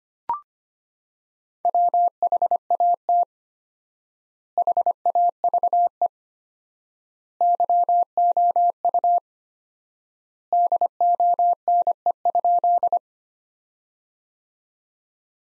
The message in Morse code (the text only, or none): WHAT HAVE YOU DONE?